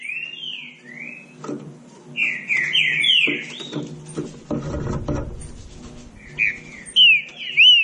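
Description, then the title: Green-winged saltator song: a few short groups of slurred whistles separated by pauses, with a low rubbing noise midway and high chips near the end. Classic song style (canto clássico) used as a training recording. "Canto Clássico Trinca Ferro TREINAMENTO"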